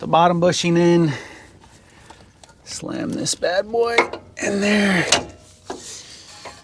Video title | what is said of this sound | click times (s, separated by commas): I bought a 2004 GMC 3500 Duramax and got SCAMMED - Lets fix it up anyway!! | oh yeah fully extended this thing just pops right in well I said that too soon it's definitely a | none